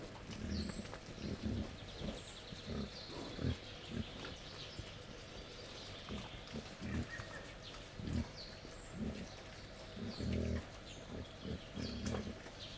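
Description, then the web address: Wild boar making soft, low grunts in irregular pairs and bursts over a faint, steady background hiss. Wild boar, captive at a zoo in Jászberény, feeding at a laid-out feeding table on 1 May 2015. "jaszberenyizoo 2015 professzionalis vaddiszno"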